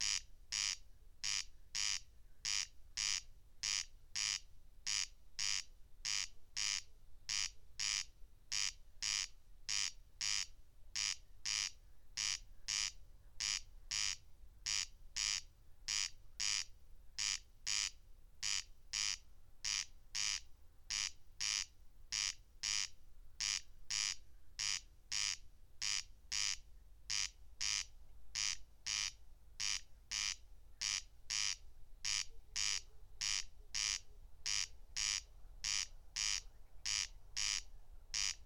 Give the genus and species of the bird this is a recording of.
Crex crex